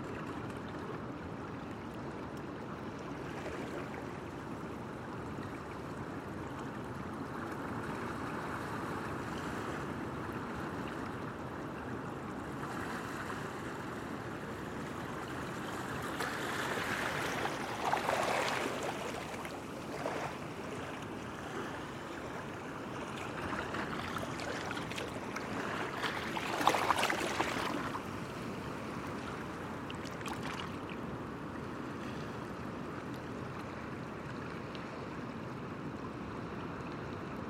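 Steady rumbling surf at a rocky headland, with louder waves breaking and washing over rocks around 17 and 27 seconds.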